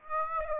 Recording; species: mosquito wingbeat signal from an infrared sensor; Aedes aegypti